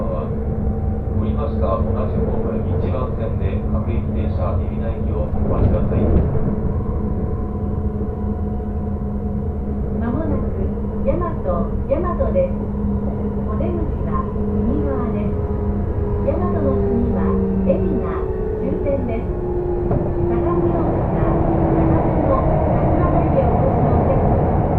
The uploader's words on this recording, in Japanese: 耳で楽しむ鉄道旅 武蔵小杉→二俣川→大和。